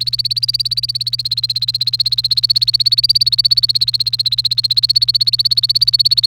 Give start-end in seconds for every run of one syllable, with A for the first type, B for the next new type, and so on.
0.00-6.26 A